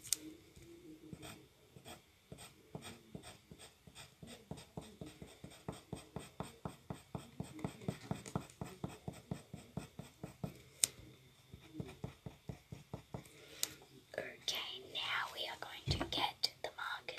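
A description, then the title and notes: A pencil scratches across paper in quick, steady back-and-forth strokes, about three per second, building in the middle as shading fills an area. Toward the end the strokes turn looser and uneven, with a couple of sharp taps. Here is just me drawing a picture!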